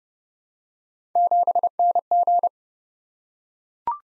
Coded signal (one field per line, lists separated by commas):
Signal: Morse code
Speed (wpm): 28 wpm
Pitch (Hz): 700 Hz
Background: none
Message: 7NG